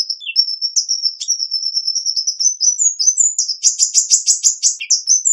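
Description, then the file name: Hummingbird: bird song, very high thin twittering and squeaky notes that run into a fast buzzy trill near the end, continuous throughout. "Ptichka kolibri - Penie"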